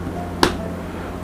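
The second of two locks on an award presentation case is opened by hand, and the latch snaps open with a single sharp, bright click at 0.4 s over a quiet, steady background hum. The latch is released and the case is open.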